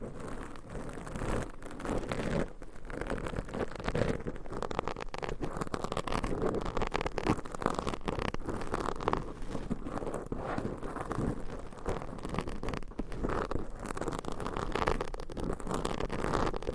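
Binaural mic scratching with massage and tapping runs continuously for the whole stretch, a dense, rough rustling that never pauses. Quick irregular scrapes and taps crowd together, mostly in the low and middle range, with a steady, even loudness and occasional slightly sharper bursts.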